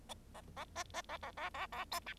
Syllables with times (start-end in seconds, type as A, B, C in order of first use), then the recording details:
0.34-0.41 A, 0.56-0.65 A, 0.76-0.83 B, 0.94-1.02 B, 1.09-1.17 A, 1.22-1.31 A, 1.37-1.50 A, 1.54-1.67 A, 1.72-1.84 A, 1.91-2.00 C, 2.06-2.13 D. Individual Bird0